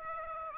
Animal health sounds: mosquito wingbeat signal from an infrared sensor; Aedes aegypti

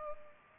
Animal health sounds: mosquito wingbeat signal from an infrared sensor; Culex pipiens

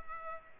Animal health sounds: mosquito wingbeat signal from an infrared sensor; Culex pipiens

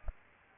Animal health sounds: mosquito wingbeat signal from an infrared sensor; Aedes aegypti

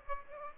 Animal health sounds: mosquito wingbeat signal from an infrared sensor; Aedes aegypti

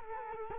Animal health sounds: mosquito wingbeat signal from an infrared sensor; Culex quinquefasciatus

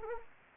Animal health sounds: mosquito wingbeat signal from an infrared sensor; Anopheles gambiae

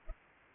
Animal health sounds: mosquito wingbeat signal from an infrared sensor; Culex pipiens

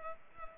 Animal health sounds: mosquito wingbeat signal from an infrared sensor; Culex pipiens

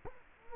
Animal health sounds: mosquito wingbeat signal from an infrared sensor; Culex quinquefasciatus

